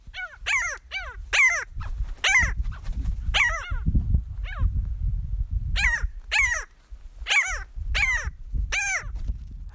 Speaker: I know we don't track them for their sound, but here's a little sound of the parasitic Jaeger.